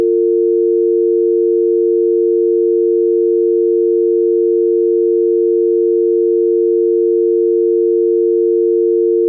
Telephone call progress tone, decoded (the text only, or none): dial tone